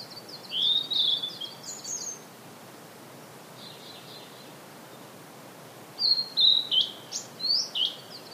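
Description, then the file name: Blue-and-white flycatcher song in two phrases of high, clear whistled notes, separated by about four seconds of quiet, the second phrase with sharp, slurred notes. "oruri"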